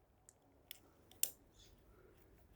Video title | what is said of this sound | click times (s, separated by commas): Top Threading. Typical GC2263D.Cylinder Arm Sewing Machine | until it clicks. | 1.2 s